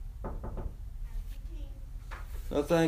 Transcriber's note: someone knocks on the door